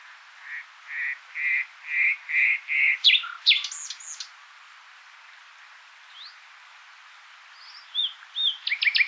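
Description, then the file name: Common nightingale song opening with slow repeated fluty notes that grow louder, then rapid looping whistles; after a pause, a fast stuttering phrase begins at the end. "Luscinia megarhynchos"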